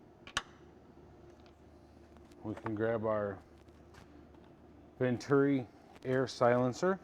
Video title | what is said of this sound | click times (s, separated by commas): SlimFit 550/750 Cleaning | you can install into the end of the ignition cable and you should hear it click into place | 0.3 s, 0.4 s